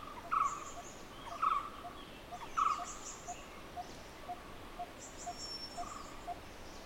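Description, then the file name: Barbet calling with short mid-pitched hooting notes about once a second, then softer lower notes in a steady series, while other birds chirp high in the background. "Barbets Grey Wag"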